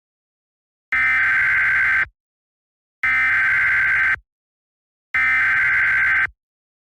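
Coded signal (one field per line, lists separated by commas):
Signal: Emergency Alert System (SAME) tones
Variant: header bursts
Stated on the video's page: Fictional simulated scenario.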